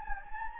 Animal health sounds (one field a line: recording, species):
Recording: mosquito wingbeat signal from an infrared sensor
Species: Anopheles gambiae